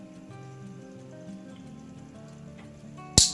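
The stick-roller housing of a one-way clutch bearing is pushed into the body of a Penn Slammer IV 6500 fishing reel during a service. Over steady background music, a single sharp click at 3.2 s shows the housing has seated in place.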